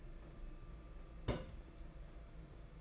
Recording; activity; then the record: daily activity, microphone in the room; place on stove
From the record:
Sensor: 5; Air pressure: 992.2 hPa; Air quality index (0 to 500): 210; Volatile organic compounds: 1000 ppm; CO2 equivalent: 6083 ppm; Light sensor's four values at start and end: 6/14/5/6 and 5/13/5/6